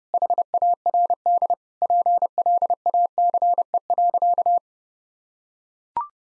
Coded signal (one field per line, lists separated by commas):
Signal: Morse code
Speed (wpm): 30 wpm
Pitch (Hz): 700 Hz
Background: none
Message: HARD PLACE.